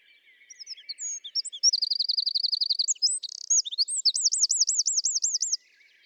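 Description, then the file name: Eurasian wren song: a loud, high trill of rapid repeated notes, then a buzzy burst and a bouncing series of looping whistled notes, lasting about five seconds. "Troglodytes troglodytes"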